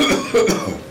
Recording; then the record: coughing mixed with background sound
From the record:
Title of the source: Spring Cold Coughing 3